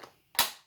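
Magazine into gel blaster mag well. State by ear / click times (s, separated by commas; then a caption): seated / 0.4 s. A plastic magazine is pushed up into the mag well of an Alpha King gel blaster with a wood kit. After a faint tap near 0.0 s, it latches with a firm, solid click at 0.4 s that rings out briefly. The magazine is seated home.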